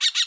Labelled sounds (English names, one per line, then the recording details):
Brown-throated Parakeet contact call
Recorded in Bonaire
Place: just S of turnoff to Cai, near Lac Bay
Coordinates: 12.126, -68.239